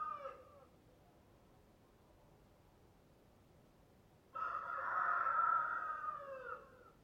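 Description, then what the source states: Chicken crowing: the tail of one crow at the start, a quiet pause, then a full long harmonic crow of about two and a half seconds. Rooster crowing.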